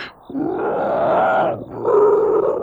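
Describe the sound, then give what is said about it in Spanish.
A man growls in a low, rough, wolf-like snarl, two sustained guttural rumbles with a brief pause between them, loud and with no speech. “Y gruñó de una manera que, nuevamente, pareció el gruñido de un lobo.”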